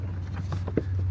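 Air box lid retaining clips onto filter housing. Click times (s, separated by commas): 0.5 s, 0.8 s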